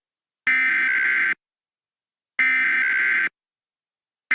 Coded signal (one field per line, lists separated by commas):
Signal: Emergency Alert System (SAME) tones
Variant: header bursts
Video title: An EAS scenario the object flags #2